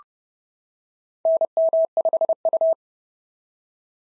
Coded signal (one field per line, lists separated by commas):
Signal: Morse code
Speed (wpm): 30 wpm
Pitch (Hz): 650 Hz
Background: none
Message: NM5U